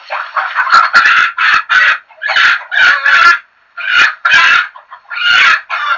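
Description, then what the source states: Chickens clucking and squawking: loud, harsh bursts in quick runs, separated by short pauses. Several chickens.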